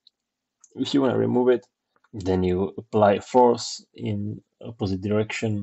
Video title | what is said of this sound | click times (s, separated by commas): Airsoft BREN 2 Kit by IAP - ASSEMBLY VIDEO | push it until you hear click | 0.1 s, 0.6 s